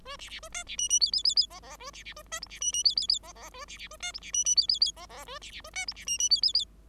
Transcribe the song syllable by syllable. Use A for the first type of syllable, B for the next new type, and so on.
A B B A C B D D E E E E F F A B B A C G B D D E E E F F A B B A C G B D D E E E F F A B B A C G B D D E E E